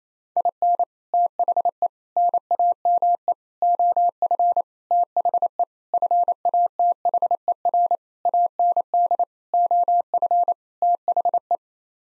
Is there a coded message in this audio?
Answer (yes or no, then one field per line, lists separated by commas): yes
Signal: Morse code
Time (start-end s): 0.4-11.6 s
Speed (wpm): 27 wpm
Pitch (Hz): 700 Hz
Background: none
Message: IN THE NAME OF THE FATHER AND OF THE